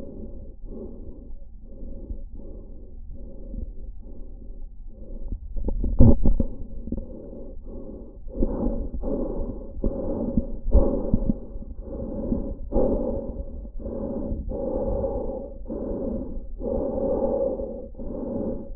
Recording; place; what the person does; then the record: lung sounds by stethoscope; trachea; quiet breathing, then deep breathing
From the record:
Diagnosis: COPD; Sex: male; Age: 72 years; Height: 172 cm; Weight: 58.6 kg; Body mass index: 19.8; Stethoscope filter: diaphragm mode